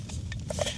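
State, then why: Seated. A camping cook pot is pressed down onto a canister stove and clicks as it locks into place at 0.3 s, with a short sharp snap among softer scraping and handling noises. The pot is seated and locked on the stove.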